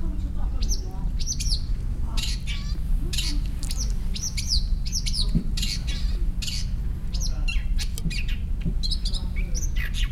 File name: shrike-long-tailed -Lanius-schach